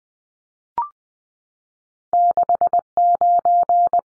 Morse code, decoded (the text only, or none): 69